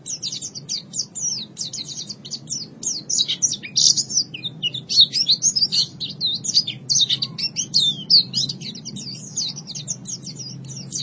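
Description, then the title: White-eye song: a dense, continuous stream of high twittering chirps over a low background hum. Long-duration white-eye song. "Kicauan Burung Pleci Durasi Panjang"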